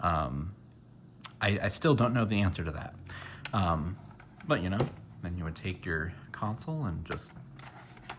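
Someone talks while handling a 2017-model Switch 1 handheld game console, about to slide it down into its TV dock's connector slot. A few faint handling taps come near the end, but nothing has seated or clicked yet.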